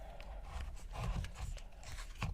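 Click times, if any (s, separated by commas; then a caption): none. A multifunction switch for a Creta is handled and pushed toward its mount on the steering column, giving short scraping and plastic handling ticks around 0.2, 0.6 and 1.2 s, with the sharpest hit at 2.2 s. The part is not home yet, and nothing has seated or clicked.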